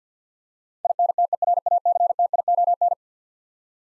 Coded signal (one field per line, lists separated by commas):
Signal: Morse code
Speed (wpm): 50 wpm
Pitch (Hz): 700 Hz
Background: none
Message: INTERACTION